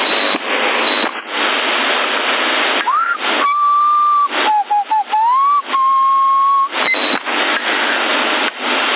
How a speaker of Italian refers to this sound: Tu poco fa hai schiacciato la portante, tu eri? Eia, stavo fischiando, poi ho fatto sa, prova il microfono.